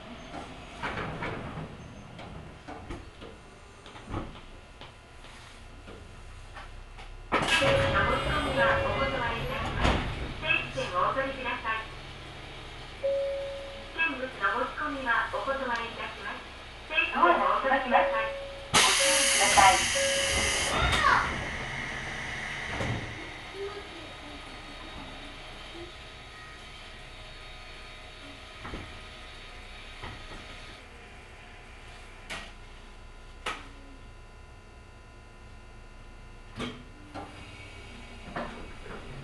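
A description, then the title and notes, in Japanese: Aboard an Ohmi Railway train, a low running rumble carries a loud burst of voices and clatter around 7–23 seconds, with occasional knocks afterward. 耳で楽しむ鉄道旅 水口・蒲生野線 八日市→貴生川。近江鉄道の南部を走る路線、水口を通りながら貴生川へと抜けていきます。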